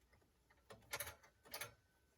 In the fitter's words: You just turn it, it clicks right in.